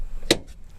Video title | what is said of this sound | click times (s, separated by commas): 10 Things EVERY car driver should know. Or don't drive. How I check on my Tahoe or Camaro | the open a little line right there you pull it you'll hear it pop open then | 0.3 s